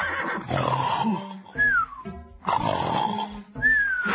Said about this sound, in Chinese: 这真的是里应外合耶，里面在打呼，外面在唱歌，到底是怎么回事？ 哎呦，怎么100多个南蛮的勇士啊，一个一个都像猪一样躺在地上打呼啊